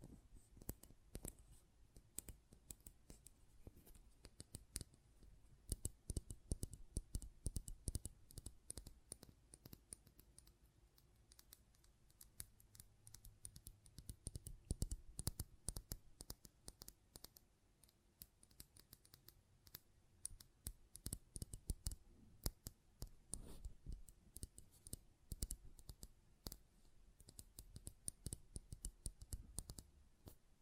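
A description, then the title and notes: Close up metallic sounds: a dense, irregular stream of sharp clicks and snips, like scissors or small metal parts being handled, running through the whole half minute. Bursts cluster more heavily around 14–16 and 23–27 seconds, over a faint low hum. ASMR Close Up Metallic Sounds (No Talking).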